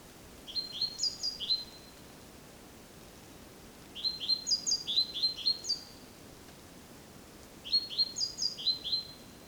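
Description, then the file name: Great tit calls: three quick bursts of several sharp, high chirping notes, a few seconds apart. "Parus major"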